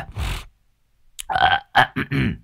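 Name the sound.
throat clearing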